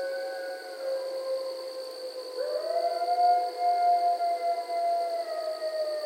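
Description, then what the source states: Coyotes howling, a few long sustained tones overlapping, one voice sliding upward and holding a clear wavering note, others steady beneath. Several coyotes; recorded 15 August 2013.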